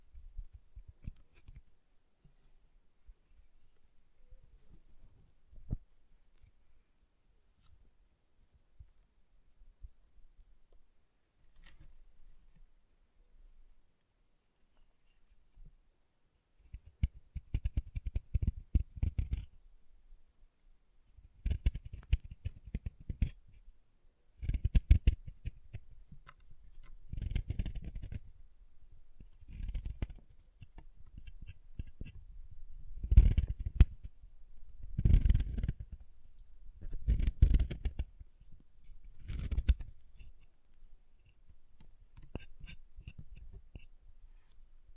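Chalk being carved and cut, starting with sparse faint scrapes and ticks for the first fifteen seconds. From about seventeen seconds the scraping grows louder and denser, arriving in repeated gritty strokes every second or two with brief pauses between, then tapering slightly near the end.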